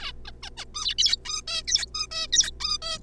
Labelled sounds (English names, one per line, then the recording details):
Zebra Finch
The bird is a juvenile
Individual R3549